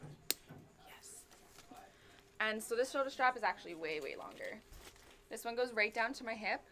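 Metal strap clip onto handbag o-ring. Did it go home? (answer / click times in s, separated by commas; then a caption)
yes / 0.3 s. A small metal clip on a detachable shoulder strap is snapped onto a handbag's o-ring, giving one sharp snap at 0.3 s as the strap seats. Afterward someone talks.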